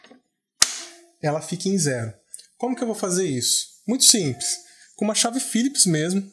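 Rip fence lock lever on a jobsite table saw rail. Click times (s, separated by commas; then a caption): 0.6 s. On a DeWalt DWE7492 jobsite table saw, the rip fence is pushed against the blade and its locking lever is thrown to clamp the fence on the rail, giving a sharp, loud snap at 0.6 s as the lock seats, done to check the fence scale, which should read zero but reads 4 mm. Someone then talks for the rest of the clip.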